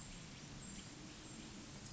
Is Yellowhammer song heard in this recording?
no